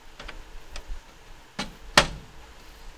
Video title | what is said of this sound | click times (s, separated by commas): How To Install A New Circuit Breaker | it up with the little pole there and they just snap into place | 2.0 s